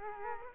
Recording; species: mosquito wingbeat signal from an infrared sensor; Culex quinquefasciatus